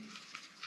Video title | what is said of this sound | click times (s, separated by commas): CUB HANDY TIPS: LOCKING WATER CAP FIX | quite easy just pops into place | 0.3 s